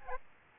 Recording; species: mosquito wingbeat signal from an infrared sensor; Aedes aegypti